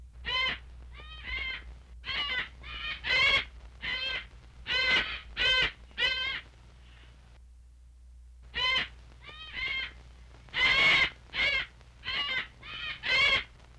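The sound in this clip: Bird calls: harsh nasal cawing notes repeated in quick series, a pause of silence, then more rhythmic caws.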